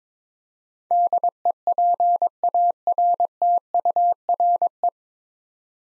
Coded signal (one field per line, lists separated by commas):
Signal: Morse code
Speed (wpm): 22 wpm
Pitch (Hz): 700 Hz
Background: none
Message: DEPARTURE